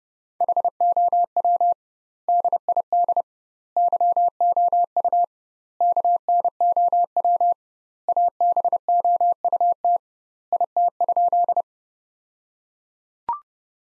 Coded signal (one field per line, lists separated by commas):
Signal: Morse code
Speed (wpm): 32 wpm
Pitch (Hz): 700 Hz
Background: none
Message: HOW DID YOU KNOW ABOUT IT?